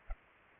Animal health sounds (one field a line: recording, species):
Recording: mosquito wingbeat signal from an infrared sensor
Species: Culex pipiens